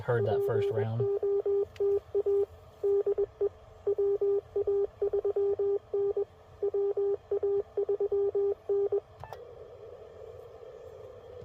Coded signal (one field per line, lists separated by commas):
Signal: Morse code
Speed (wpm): 20 wpm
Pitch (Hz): 400 Hz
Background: speech, radio noise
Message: POTA DE WA3N WA3N